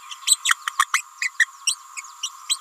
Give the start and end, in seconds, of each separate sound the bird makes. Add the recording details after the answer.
0.26-0.38, 0.45-0.56, 0.79-0.86, 0.93-1.01, 1.21-1.30, 1.39-1.47, 1.66-1.76, 1.96-2.02, 2.23-2.29, 2.49-2.57. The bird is a female. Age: 29 days. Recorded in a nest box in Venezuela. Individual 17B31A3